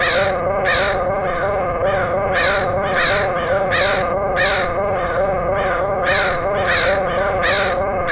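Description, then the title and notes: Crows cawing in loud harsh notes with softer calls between, irregularly spaced, over a steady droning background tone. Crows recorded in Portland, Oregon, in August 2003. "Crows of Portland. Crows recorded by Dan Bodah in Portland, OR, August 2003"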